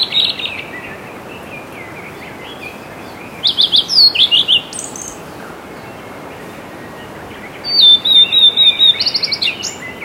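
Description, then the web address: Blue-and-white flycatcher singing two short phrases of high whistles and trills, several seconds apart. Recorded on a live walk at Azamidani. "raivu sansaku azamidani sound bird ooruri"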